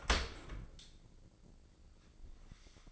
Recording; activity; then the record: daily activity, microphone in the room; open dishwasher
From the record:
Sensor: 5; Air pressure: 1012.4 hPa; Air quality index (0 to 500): 157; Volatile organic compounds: 2 ppm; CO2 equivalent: 1068 ppm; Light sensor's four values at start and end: 108/260/110/124 and 109/262/111/125